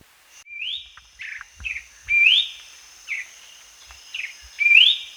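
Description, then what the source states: Ferruginous babbler calling with upslurred clear whistles and lower downward notes in between, over a steady high hum. Danum, 1 January 2008.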